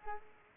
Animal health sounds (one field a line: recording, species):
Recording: mosquito wingbeat signal from an infrared sensor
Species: Aedes aegypti